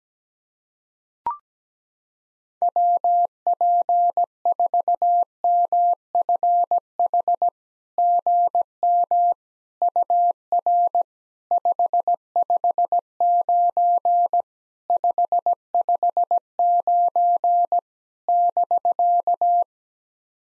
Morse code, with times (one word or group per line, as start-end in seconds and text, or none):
2.6-7.5 WP4MFH
8.0-9.3 GM
9.8-11.0 UR
11.5-14.4 559
14.9-17.8 559
18.3-19.6 <BK>